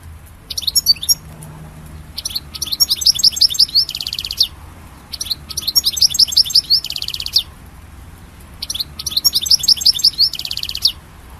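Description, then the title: European goldfinch repeating a twittering phrase that ends in a buzzy trill, with pauses between phrases. "Chant Chardonneret"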